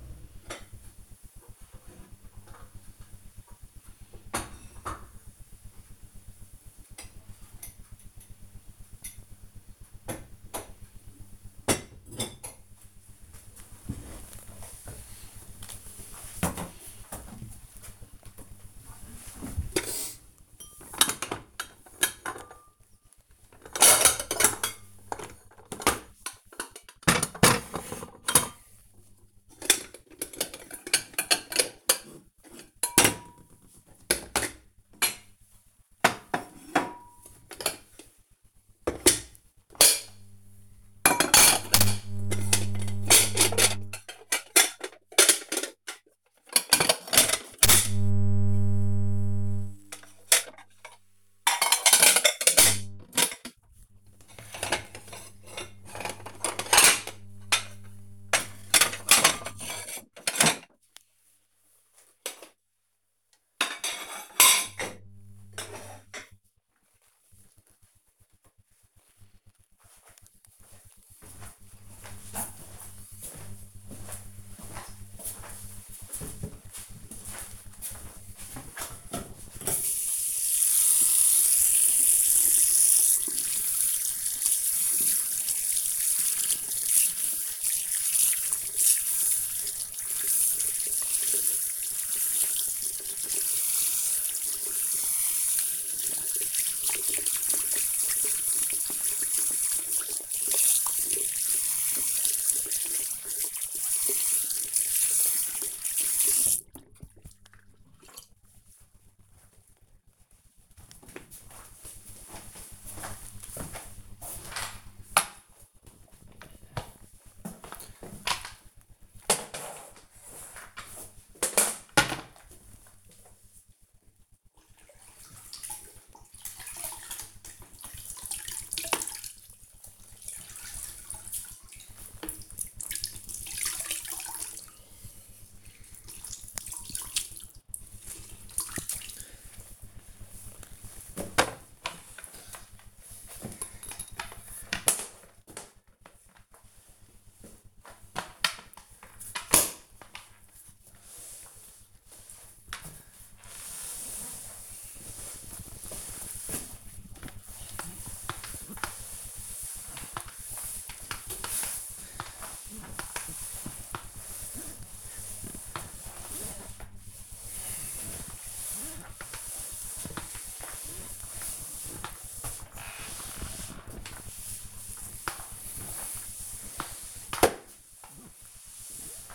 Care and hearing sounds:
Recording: household activities, microphone on the right wrist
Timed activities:
17.31-67.69 s: putting away the dishes
78.78-107.05 s: washing hands
117.14-179.35 s: floor cleaning

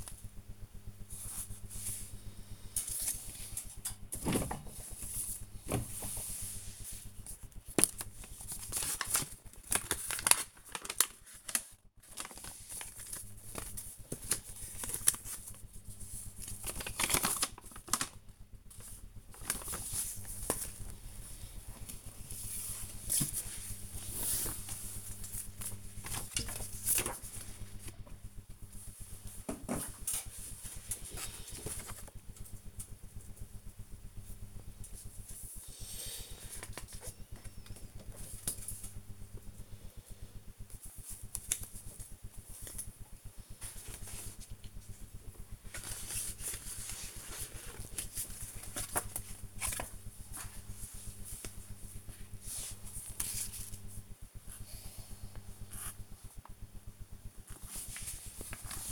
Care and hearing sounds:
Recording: household activities, microphone on the right wrist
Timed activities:
0.00-37.75 s: sorting documents
40.77-58.92 s: sorting documents

